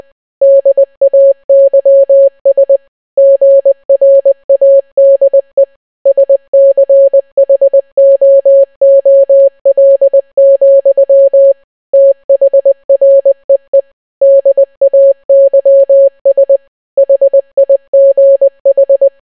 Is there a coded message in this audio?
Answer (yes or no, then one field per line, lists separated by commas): yes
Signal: Morse code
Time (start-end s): 0.4-19.1 s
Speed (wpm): 20 wpm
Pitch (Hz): 550 Hz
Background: none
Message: DAYS GRADE SCHOOL, THREE DAYS HIGH